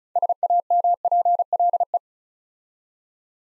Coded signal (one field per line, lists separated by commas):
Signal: Morse code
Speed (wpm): 36 wpm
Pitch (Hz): 700 Hz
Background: none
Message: SAMPLE